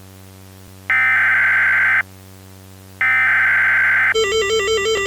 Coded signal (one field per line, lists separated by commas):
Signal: Emergency Alert System (SAME) tones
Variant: header bursts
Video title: EAS Mockup - Failed Delivery